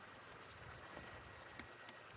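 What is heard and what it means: During a Subaru EZ36 H6 engine install, a push-in style clip with a dry-rotted rubber grommet, reluctant to click in, is pushed into its mounting hole on an engine bay mount. Over a steady broadband background hiss, a sharp, short click is heard at 1.6 s as the clip seats into place.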